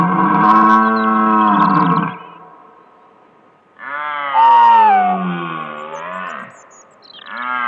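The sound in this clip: Red deer roaring: two long, deep, harmonic roars of about two and three seconds, the second bending downward at its end, with a third roar starting at the close.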